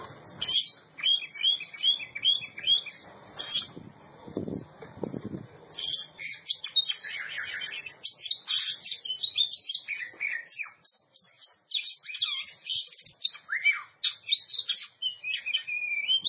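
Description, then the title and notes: Oriental magpie-robin song, quick repeated whistled phrases and scratchy notes over about sixteen seconds, with a short low rustling noise early on. Champion singing bird. "Kicau Burung Kacer Juara. Suara Kicauan Burung Kacer Juara"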